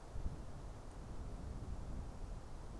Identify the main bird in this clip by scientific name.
Strix aluco